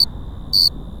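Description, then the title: Cricket chirping, two brief high-pitched pulses roughly half a second apart over a faint low background rumble. Several crickets recorded close by at Cerro Gordo, León, Guanajuato, Mexico, 18 April 2019, 9:19 p.m., with a Tascam DR-05X using built-in microphones and windshield. "Grillos cercanos en el cerro gordo. Lomas del Madrono, Lomas del Campestre, Gto., Mexico"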